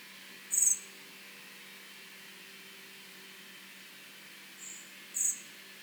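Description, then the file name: Common blackbird making high, thin notes: a strong one, then a faint call and another strong note near the end, over a low hum. "Turdus merula"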